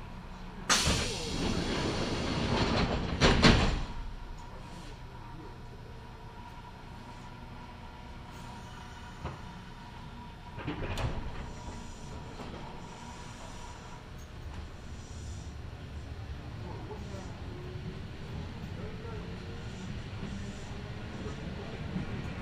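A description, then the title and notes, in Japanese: Inside a Kintetsu Nagoya Line local train running from Shiroko toward Tsu-Shimmachi, a steady low rumble of the car fills the whole stretch. Loud clattering bursts come near the start and again around eleven seconds, with faint voices and a rising whine later on. 近鉄名古屋線各駅停車 白子→津新町。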